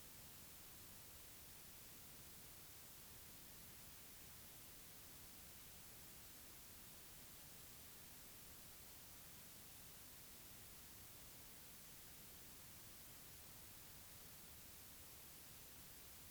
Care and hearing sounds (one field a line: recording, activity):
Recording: daily activity, guitar pickup as the sensor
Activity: lie down